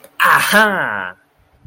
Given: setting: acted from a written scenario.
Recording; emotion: vocal sound without words; contentment